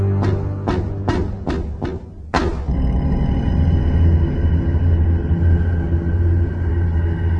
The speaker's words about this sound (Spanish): Hoy es la noche del pago. El golpear en la puerta de unos nudillos repica 6 veces.